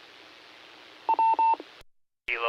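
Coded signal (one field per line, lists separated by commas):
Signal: none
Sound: repeater courtesy tone beeps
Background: speech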